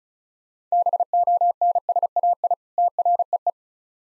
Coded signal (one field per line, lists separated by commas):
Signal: Morse code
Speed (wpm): 36 wpm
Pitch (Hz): 700 Hz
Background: none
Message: BONSAI TREE